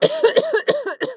Human Female Cough.